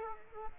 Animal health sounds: mosquito wingbeat signal from an infrared sensor; Aedes aegypti

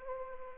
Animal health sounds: mosquito wingbeat signal from an infrared sensor; Anopheles arabiensis

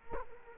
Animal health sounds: mosquito wingbeat signal from an infrared sensor; Culex quinquefasciatus

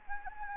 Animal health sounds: mosquito wingbeat signal from an infrared sensor; Anopheles gambiae

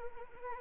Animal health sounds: mosquito wingbeat signal from an infrared sensor; Anopheles arabiensis

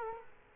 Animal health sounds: mosquito wingbeat signal from an infrared sensor; Culex quinquefasciatus

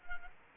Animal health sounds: mosquito wingbeat signal from an infrared sensor; Culex quinquefasciatus

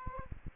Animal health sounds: mosquito wingbeat signal from an infrared sensor; Aedes aegypti

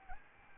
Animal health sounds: mosquito wingbeat signal from an infrared sensor; Aedes albopictus

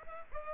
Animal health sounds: mosquito wingbeat signal from an infrared sensor; Culex pipiens

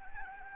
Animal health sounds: mosquito wingbeat signal from an infrared sensor; Anopheles arabiensis

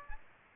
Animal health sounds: mosquito wingbeat signal from an infrared sensor; Aedes aegypti

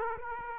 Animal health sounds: mosquito wingbeat signal from an infrared sensor; Aedes aegypti

